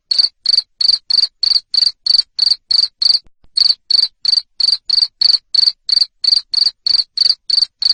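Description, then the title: Cricket with piercing high chirps repeated at a brisk, steady pace, pausing once briefly before resuming the same rhythm. Loud cricket chirping (ngerik) played to make lovebirds keep singing (ngekek). "Suara JANGKRIK NGERIK Keras Bikin LOVEBIRD Jadi NGEKEK Terus Vubey"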